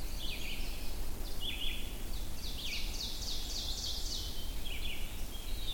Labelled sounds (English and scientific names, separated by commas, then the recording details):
Ovenbird (Seiurus aurocapilla) song
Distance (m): 60 m
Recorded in boreal forest in Alberta, Canada, on 22 June 2016 at 05:36
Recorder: SongMeter 3, array SBT-6-76
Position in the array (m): 150 m, 110 m
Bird 3